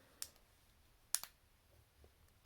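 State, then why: Seated. The plastic arms of a Star Wars: Galaxy of Adventures Darth Maul action figure are pushed into the cocked position of its spring-loaded dual-strike shoulder mechanism, a slightly difficult step. A light click at 0.2 s leads to a sharp, loud click at 1.1 s, quickly followed by a smaller one at 1.2 s, with another sharp tick at the very end around 2.5 s. The arm seats and clicks into place at 1.1 s.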